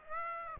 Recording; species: mosquito wingbeat signal from an infrared sensor; Aedes aegypti